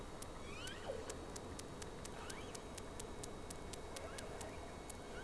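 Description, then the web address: Whale whistles, faint sliding rising and falling tones repeated several times, over a steady series of sharp clicks and constant background hiss. Two whales, recorded 3 October 2006, second round of recording. "Sea Snake 10-3-06 Whales X 2 14-02 Round 2"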